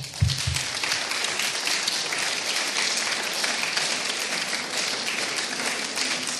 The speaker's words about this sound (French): Avec le personnel pour la technique, et on peut continuer à les applaudir, parce que vous avez vu ce que c'est que la technique.